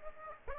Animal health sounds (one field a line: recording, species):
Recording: mosquito wingbeat signal from an infrared sensor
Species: Aedes aegypti